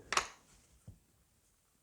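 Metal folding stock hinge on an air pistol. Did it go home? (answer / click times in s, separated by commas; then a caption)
yes / 0.1 s, 0.2 s. A metal folding stock on an HW75 air pistol carbine is unfolded and locks into its open position with a sharp, bright metallic click at 0.1 s and 0.2 s. A softer, low thump follows at about 0.9 s, then quiet. The stock is seated and locked open.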